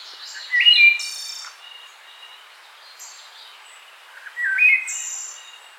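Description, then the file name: Wood thrush song: two flutey phrases, each opening with low notes and ending in a high, shimmering trill, separated by about three seconds of quieter sound. "Hylocichla mustelina - Wood Thrush"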